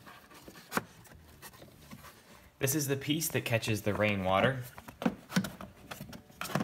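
On an Audi/Volkswagen, the plastic rain-water catch piece (cowl/plenum trim) below the cabin air filter is handled with its small plastic clips, while someone talks. A few brief sharp handling hits are heard, but the piece is not yet home: nothing has seated or clicked yet.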